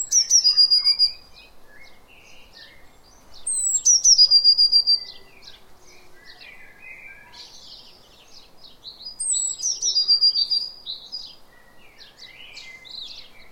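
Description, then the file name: Eurasian blue tit repeating a very high, thin note series ending in a fast trill three times, several seconds apart, with other small birds chirping between phrases. "Cyanistes caeruleus"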